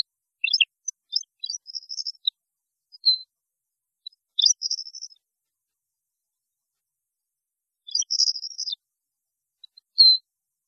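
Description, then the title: European goldfinch singing short bursts of liquid twittering notes with a buzzy trill, three phrases separated by pauses of a few seconds. "Chant Chardonneret"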